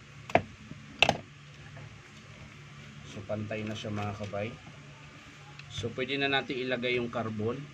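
During reassembly of a DeWalt DW566 rotary hammer, the remaining side of a lock clip is pressed into the housing, giving sharp clicks at 0.4 s and 1.0 s. The lock is seated and the part sits level, and afterward someone talks.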